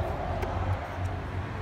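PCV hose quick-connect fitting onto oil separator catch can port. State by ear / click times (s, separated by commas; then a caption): not seated / none. A PCV hose quick-connect fitting is being pushed onto the port of a JLT 3.0 oil separator catch can on a 2011 Mustang. A steady low hum with broad background noise continues throughout, with only faint, brief high-frequency flecks near 0.4 s and 1.1 s. The fitting has not seated or clicked yet.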